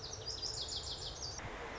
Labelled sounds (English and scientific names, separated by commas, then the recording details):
Lazuli Bunting (Passerina amoena)
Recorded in Sonoma County, California